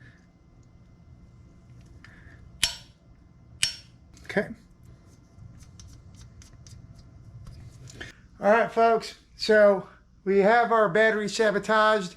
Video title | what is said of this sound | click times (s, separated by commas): 2 IN 1 LIFESAVER Tool For DIYers - Putting the AUXITO AJ01 to the TEST!!! | and this will do the little click so we go we know we're torqued | 2.6 s, 3.6 s